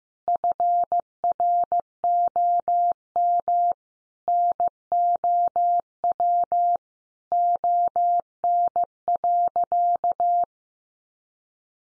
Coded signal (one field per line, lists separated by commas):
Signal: Morse code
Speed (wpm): 15 wpm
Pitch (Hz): 700 Hz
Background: none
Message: FROM NOW ON.